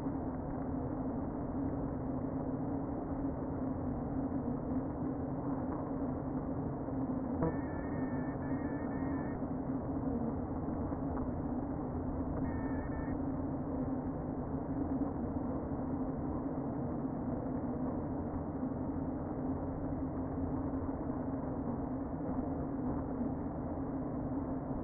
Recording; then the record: honeybee colony, microphone inside the hive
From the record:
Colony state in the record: queen present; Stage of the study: before two queens were removed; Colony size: about 60,000 bees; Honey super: yes